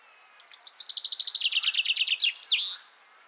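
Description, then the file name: Common chaffinch song, a brisk cascade of repeated chirps that step downward in pitch, finishing with an emphatic falling-then-rising flourish. "Fringilla coelebs"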